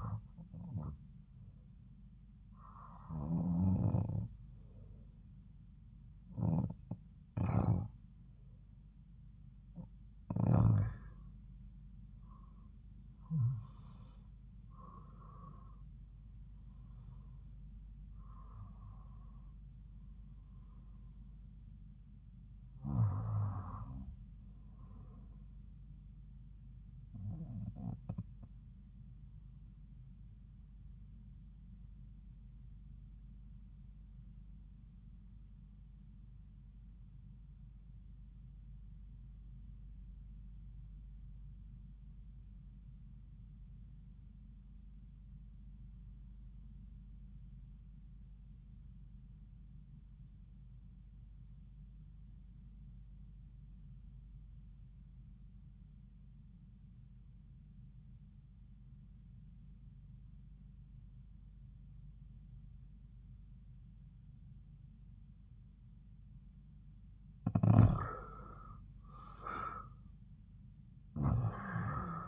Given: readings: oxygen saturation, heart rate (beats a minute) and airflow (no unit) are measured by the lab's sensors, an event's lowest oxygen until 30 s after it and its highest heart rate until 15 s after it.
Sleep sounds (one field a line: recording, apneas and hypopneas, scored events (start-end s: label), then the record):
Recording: breathing in sleep by a smartphone at the bedside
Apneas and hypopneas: 1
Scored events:
32.00-68.30 s: obstructive apnea (REM, oxygen 96% highest, then 77% lowest)
From the record:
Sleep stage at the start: REM sleep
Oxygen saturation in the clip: 80 to 96%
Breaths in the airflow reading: 10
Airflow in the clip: -8.8 to 9.1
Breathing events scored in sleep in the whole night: 270 in 6.1 hours asleep